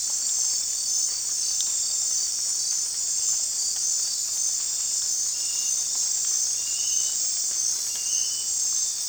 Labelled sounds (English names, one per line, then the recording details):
none
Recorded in dense forest near Puerto Asís, Putumayo, Colombia, on 25 June 2025 at 22:30
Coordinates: 0.466, -76.327
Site GP04